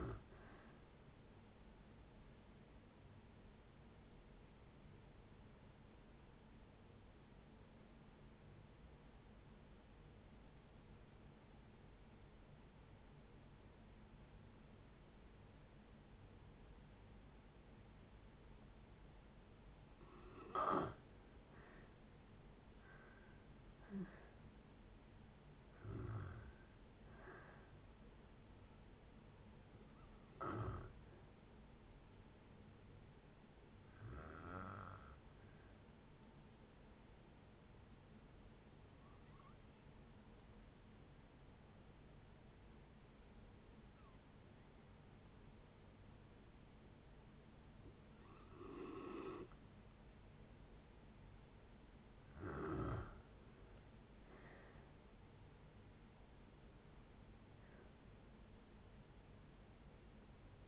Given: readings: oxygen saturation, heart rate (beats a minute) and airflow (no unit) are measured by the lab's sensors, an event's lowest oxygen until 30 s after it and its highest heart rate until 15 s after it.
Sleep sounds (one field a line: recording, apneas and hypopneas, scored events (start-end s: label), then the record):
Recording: breathing in sleep by a voice recorder at the bedside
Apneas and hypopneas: 2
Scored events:
5.00-20.10 s: obstructive apnea (N2, oxygen 95% highest, then 83% lowest, heart rate 65 at the start, 73 highest)
34.00-53.10 s: hypopnea (N2, oxygen 96% highest, then 90% lowest, heart rate 64 at the start, 78 highest)
51.00-60.68 s: new sleep stage, N1 (lightest sleep)
From the record:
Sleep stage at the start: N2 (light sleep)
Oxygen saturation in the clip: 83 to 96%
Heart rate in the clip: 56 to 78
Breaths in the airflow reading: 12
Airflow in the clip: -8.4 to 14.0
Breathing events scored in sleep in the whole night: 496 in 5.4 hours asleep